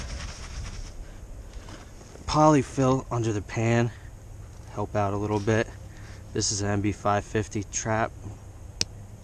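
The steel dog or pan latch on an MB550 foothold trap, bedded in a dirt hole with polyfill under the pan, catches with a sharp metallic click at 8.8 s. Someone talks before the click over quiet outdoor background noise. The trap is seated.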